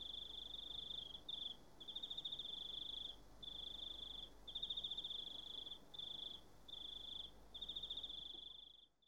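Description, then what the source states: Cicada song: a high buzzy trill in phrases of varied length, split by brief gaps, over a low steady hum. A single cicada.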